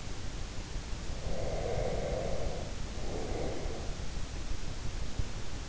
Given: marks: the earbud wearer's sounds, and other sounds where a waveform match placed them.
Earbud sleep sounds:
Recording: sounds in sleep by an in-ear microphone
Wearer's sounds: breath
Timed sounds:
1.16-3.99 s: breath

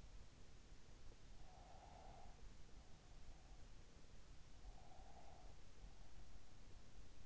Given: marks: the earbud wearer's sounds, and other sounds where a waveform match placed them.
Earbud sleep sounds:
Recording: sounds in sleep by an in-ear microphone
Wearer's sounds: breath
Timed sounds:
1.39-2.55 s: breath
4.56-5.67 s: breath

